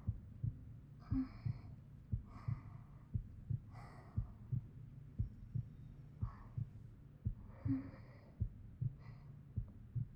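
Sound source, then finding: Heart, close microphone. Heartbeat.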